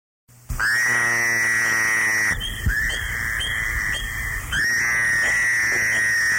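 Fowler's toad calling: a loud, nasal, buzzy drone held steady for about two seconds, repeated three times back to back with barely a break.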